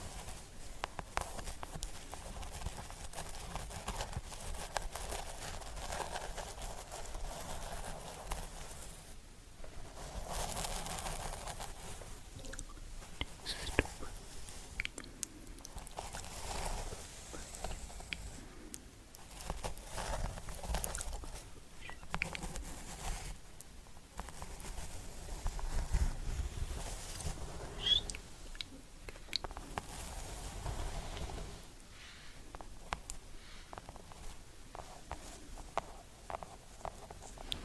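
Fingertips with long nails tap softly and steadily on a forehead, in quick irregular runs that carry through the whole recording. Brief dips in the sound around 10, 20 and 32 seconds break up the tapping, and a faint low rumble sits underneath.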